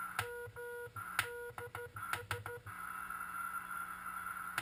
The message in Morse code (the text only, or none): MDS